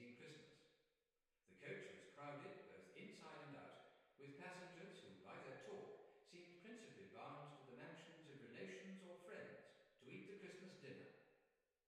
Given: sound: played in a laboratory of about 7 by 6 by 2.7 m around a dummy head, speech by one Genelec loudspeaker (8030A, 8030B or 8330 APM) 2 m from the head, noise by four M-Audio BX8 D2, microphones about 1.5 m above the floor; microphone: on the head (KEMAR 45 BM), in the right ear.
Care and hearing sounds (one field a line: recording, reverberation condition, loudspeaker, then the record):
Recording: male speech in English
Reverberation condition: high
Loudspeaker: 120 degrees to the left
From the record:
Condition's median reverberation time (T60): about 1300 ms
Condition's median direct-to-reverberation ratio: about -4.0 dB